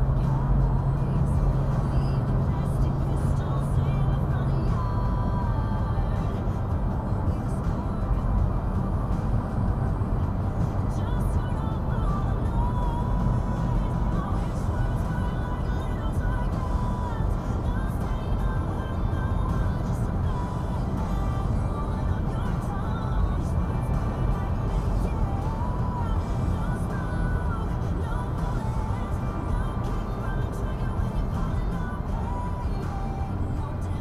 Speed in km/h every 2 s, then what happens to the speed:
103, 105, 105, 105, 106, 106, 105, 103, 100, 100, 100, 100, 98, 97, 92, 81, 64.
0-25 steady at about 103. 25-34 brakes to 64.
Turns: none.